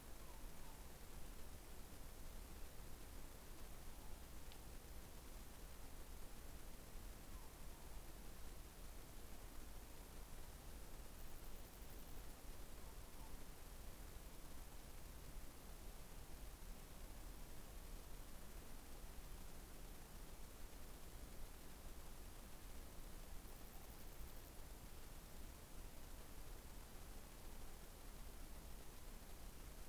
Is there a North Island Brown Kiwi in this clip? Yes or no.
no